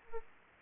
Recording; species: mosquito wingbeat signal from an infrared sensor; Aedes aegypti